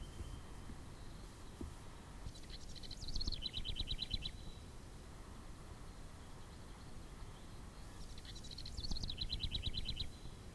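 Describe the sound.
House wren song: two bubbling, rapid trills of repeated notes, each about a second and a half long, the second coming several seconds after the first, over low background rumble.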